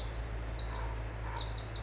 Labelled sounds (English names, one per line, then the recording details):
Pacific Wren
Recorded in Sonoma County, California